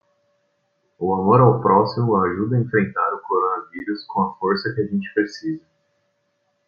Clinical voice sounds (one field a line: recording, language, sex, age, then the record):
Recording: spoken sentence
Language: Brazilian Portuguese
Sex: male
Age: 20 to 29 years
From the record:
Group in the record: control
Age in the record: 22 years